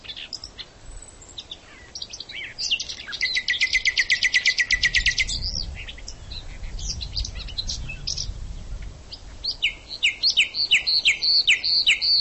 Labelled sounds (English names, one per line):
Common Nightingale song